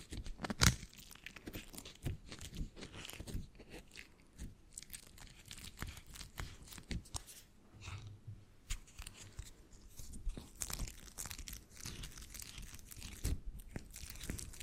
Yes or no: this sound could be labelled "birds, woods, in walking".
no